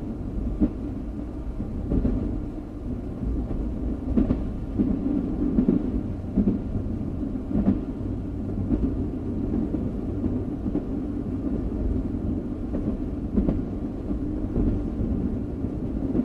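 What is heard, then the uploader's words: A train rumbles steadily, with a dense, low roar that stays constant for the whole stretch. Sharp clanks and knocks cut through every second or two, like wheels striking rail joints, and a faint higher hum runs underneath. Train Sound For Sleep - Relaxing White Noise.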